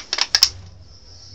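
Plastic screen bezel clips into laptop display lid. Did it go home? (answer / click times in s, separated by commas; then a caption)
yes / 0.1 s, 0.2 s, 0.4 s. A finger runs along the underside of a plastic screen bezel on a Samsung RV-series laptop (RV420, RV419, RV415 or RV411), snapping its clips into the display lid one after another. Four sharp plastic clicks land at 0.1, 0.2, 0.3 and 0.4 seconds, followed by a faint steady hum. The bezel clips are seated and locked.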